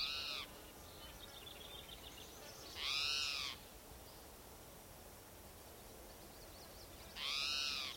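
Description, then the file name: Spotted towhee calling: three loud, raspy, arching mewing cries a few seconds apart over a quiet hissing background. Individual number 7 giving cries; recorded 27 June 2006 on a trail at Gibson Jack Creek, Bannock County, Idaho. "Cicero 27 Jun 2006 Pmaculatus"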